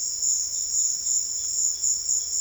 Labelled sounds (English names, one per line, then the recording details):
none
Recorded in secondary vegetation near Puerto Asís, Putumayo, Colombia, on 8 March 2025 at 15:00
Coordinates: 0.488, -76.319
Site G095